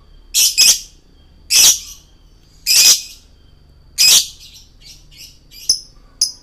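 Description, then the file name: Lovebird singing in harsh, screechy high bursts, some doubled, spaced roughly a second apart, ending with softer brief squeaks. Male lovebird singing in the continuous, prolific style called gacor. "suara lovebird jantan gacor"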